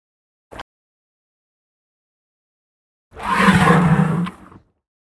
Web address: elephant african inhale wet short